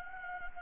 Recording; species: mosquito wingbeat signal from an infrared sensor; Anopheles gambiae